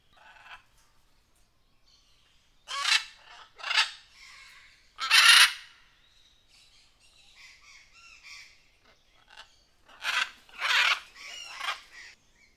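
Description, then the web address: Birds giving loud, harsh squawking calls in separate bursts of one to three, with quieter calls between them. Jungle birds. "best service Blue Box birds birds jungle"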